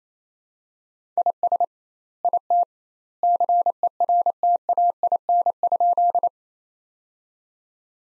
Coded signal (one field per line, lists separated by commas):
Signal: Morse code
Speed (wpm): 28 wpm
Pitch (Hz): 700 Hz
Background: none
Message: IS IT CERTAIN?